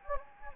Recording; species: mosquito wingbeat signal from an infrared sensor; Anopheles gambiae